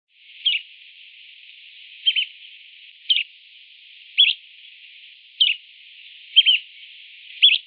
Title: LuckyPassaro Completos2Sama. Bran-colored Flycatcher (Myiophobus fasciatus)